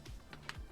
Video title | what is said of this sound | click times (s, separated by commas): part 1 Basic oldschool storge to newer pc how drive work to how to install ddr3 rad and 500w power s | That click sound means lock, so we got that installed. | 0.3 s, 0.5 s